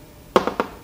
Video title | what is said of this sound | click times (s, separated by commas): Repinning a Lock | you hear a click | 0.4 s